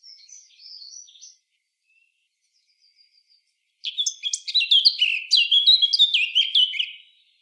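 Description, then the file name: Eurasian blackcap song: a soft brief warble at first, a pause, then a loud rich fluty warbling phrase of varied whistled notes lasting about three seconds. "Sylvia atricapilla"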